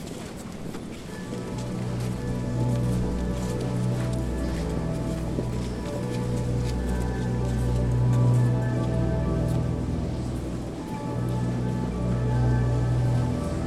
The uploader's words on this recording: General atmosphere recorded in the Notre Dame in Paris. The organist is apparently practicing but even that makes a nice atmosphere.